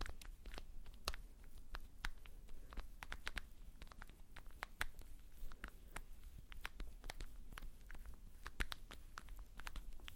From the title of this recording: ASMR Doing Your Makeup , Pure Sounds , No Talking